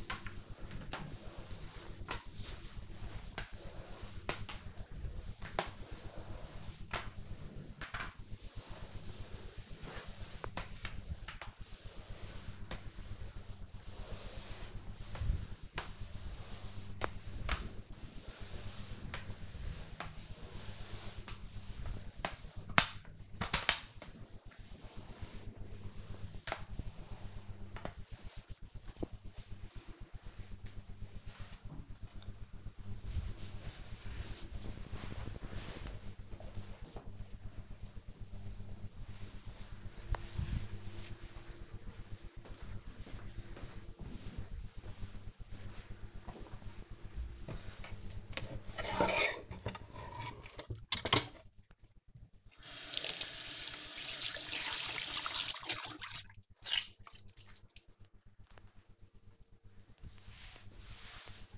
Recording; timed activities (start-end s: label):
household activities, microphone on the right wrist
0.00-28.79 s: floor cleaning
47.91-61.58 s: cleaning table